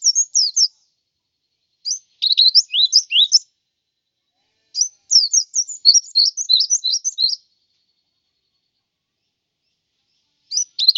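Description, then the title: White-eye song in several spaced bursts of high, sharply falling chirps strung into quick twittered phrases, with silent gaps between. "Plecir3un. Suara burung pleci"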